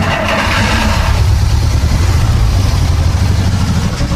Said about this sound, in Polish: Największą satysfakcją dla nas jest, jak w cudzysłowie mówiąc, auta zagadają, czyli po całej rekonstrukcji, po odbudowie ten silnik rusza.